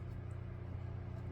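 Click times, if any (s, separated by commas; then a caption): none. A torque wrench bit is worked into an awkward optic mounting screw on a pistol slide, still being fitted and lined up before reaching torque. Only a steady low rumble with faint handling noise is heard, and nothing has clicked or reached torque yet.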